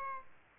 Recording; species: mosquito wingbeat signal from an infrared sensor; Aedes aegypti